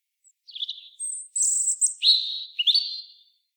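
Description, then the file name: European robin singing a varied phrase: soft opening notes, very high sustained whistles, then two lower drawn-out whistled notes. "Erithacus rubecula"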